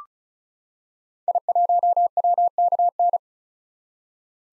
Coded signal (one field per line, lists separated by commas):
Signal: Morse code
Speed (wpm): 36 wpm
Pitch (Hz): 700 Hz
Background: none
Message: I1WKN